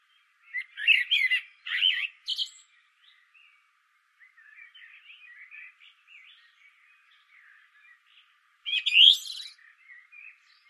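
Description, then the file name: Common blackbird song: loud warbling fluted notes with a scratchy ending, then soft twittering and another high flourish. "Turdus merula"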